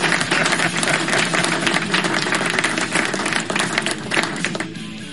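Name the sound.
applause sound effect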